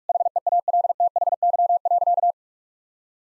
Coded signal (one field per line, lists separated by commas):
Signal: Morse code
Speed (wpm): 41 wpm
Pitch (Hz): 700 Hz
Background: none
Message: HEALTHY.